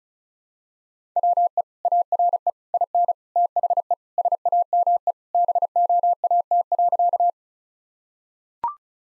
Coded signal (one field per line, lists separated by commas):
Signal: Morse code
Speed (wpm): 36 wpm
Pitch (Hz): 700 Hz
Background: none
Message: WE ARE IN THE SAME BOAT.